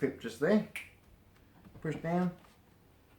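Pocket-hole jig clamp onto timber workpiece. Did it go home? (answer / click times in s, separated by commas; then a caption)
no / none. A pocket-hole jig clamp, a Kreg K5, is handled on a large piece of timber while someone talks, pressing down on the clamp handle to lock it. Nothing has seated or clicked yet; the clip ends just before the clamp locks home.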